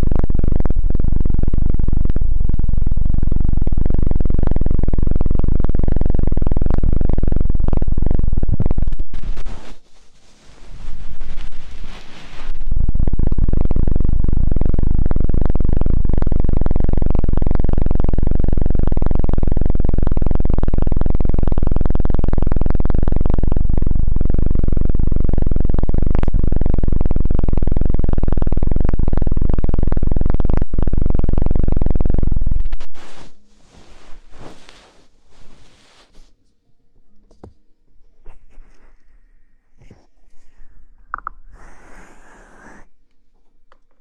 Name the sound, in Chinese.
掏耳